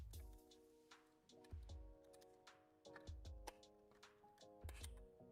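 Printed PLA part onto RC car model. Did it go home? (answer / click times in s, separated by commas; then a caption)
no / none. A 3D-printed PLA part is handled and pushed on at an angle onto an RC car model. Steady music plays throughout, with a few brief handling ticks near 3.0, 3.5 and 4.8 seconds. The clip ends before the part goes home, so nothing has snapped or seated yet.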